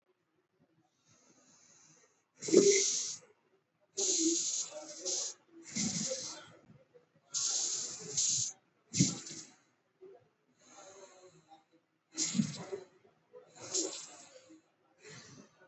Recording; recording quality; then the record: deep breathing; excellent, no background noise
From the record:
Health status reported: respiratory illness, not identified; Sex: male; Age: 21 years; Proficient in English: yes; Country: India